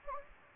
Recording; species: mosquito wingbeat signal from an infrared sensor; Anopheles gambiae